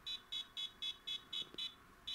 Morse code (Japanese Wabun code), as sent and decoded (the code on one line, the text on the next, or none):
none